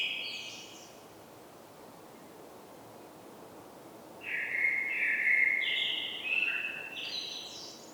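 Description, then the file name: Common blackbird singing: a brief high twitter, several seconds of quiet, then a full mellow fluted phrase ending in squeaky high notes. "Turdus merula"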